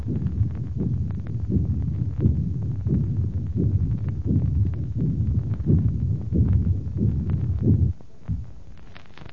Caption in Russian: Запись на верхушке при комбинированном митральном пороке сердца. Выслушивается систолический шум митральной недостаточности и протодиастолический шум митрального стеноза.